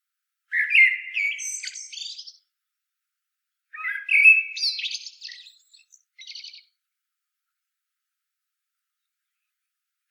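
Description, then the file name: Common blackbird gives two flute-like warbled phrases, then a brief high note, then falls silent. "Turdus merula"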